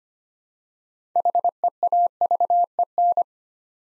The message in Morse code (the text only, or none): HEAVEN